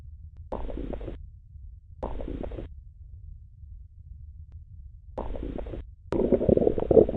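Hyperactive bowel sounds heard over the abdomen with a stethoscope: repeated gurgling bursts, in the setting of physical examination of an acute abdomen.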